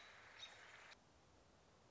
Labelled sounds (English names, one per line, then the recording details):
American Robin
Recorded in Sonoma County, California